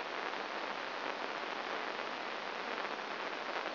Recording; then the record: brain microelectrode recording played as sound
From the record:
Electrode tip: inside the subthalamic nucleus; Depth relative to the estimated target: 1 mm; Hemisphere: right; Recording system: AlphaMap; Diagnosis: Parkinson's disease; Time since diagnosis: 19 years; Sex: male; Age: 59 years